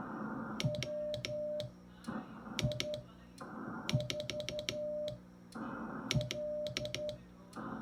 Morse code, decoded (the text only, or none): WI4L